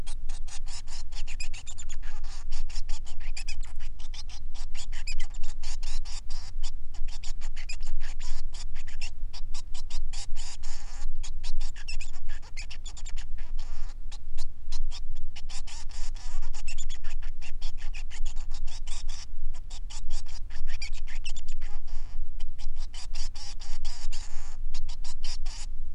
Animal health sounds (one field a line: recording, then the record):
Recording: song of a male Bengalese finch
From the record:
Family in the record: son of father 3